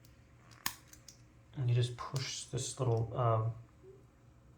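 A plastic razor blade cartridge is released from a Venus razor handle by pushing a small release button forward. A sharp click at 0.7 s marks the release, with a few fainter ticks around it, and then someone talks.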